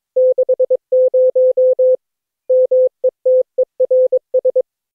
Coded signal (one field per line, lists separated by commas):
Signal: Morse code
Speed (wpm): 21 wpm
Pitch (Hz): 510 Hz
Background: none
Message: 60 METERS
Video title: Daily Minutes, November 14, 2015, without the Contestia.